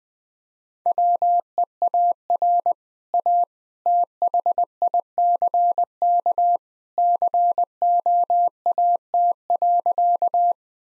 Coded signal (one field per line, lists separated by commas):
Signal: Morse code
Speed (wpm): 20 wpm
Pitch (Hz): 700 Hz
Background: none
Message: WEAR A THICK COAT.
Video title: Easy Sentences with Hints - 20wpm